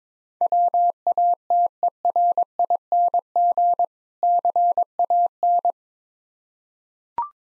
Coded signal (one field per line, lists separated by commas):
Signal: Morse code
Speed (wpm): 22 wpm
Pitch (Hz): 700 Hz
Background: none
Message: WATERING CAN